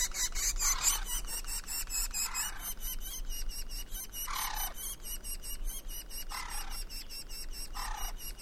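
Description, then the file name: Woodpecker calls, harsh and scratchy, repeated five times at uneven intervals against a continuous fast pulsing high background. "jh-050723-wkpkr"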